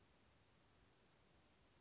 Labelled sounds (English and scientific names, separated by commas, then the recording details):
Western Flycatcher (Empidonax difficilis)
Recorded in Sonoma County, California